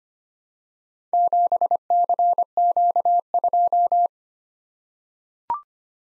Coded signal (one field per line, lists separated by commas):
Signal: Morse code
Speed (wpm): 25 wpm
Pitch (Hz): 700 Hz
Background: none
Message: 7CQ2